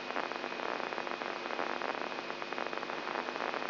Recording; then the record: brain microelectrode recording played as sound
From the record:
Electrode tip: inside the subthalamic nucleus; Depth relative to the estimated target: 2 mm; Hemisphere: left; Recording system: AlphaMap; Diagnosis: Parkinson's disease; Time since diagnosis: 11 years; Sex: male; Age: 67 years